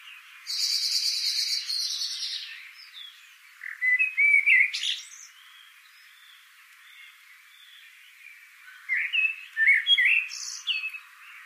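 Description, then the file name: Eurasian blackbird song phrases with squeaky twitters around four and ten seconds, preceded by a loud buzzy, hissing sound lasting about two seconds near the start. "Turdus merula"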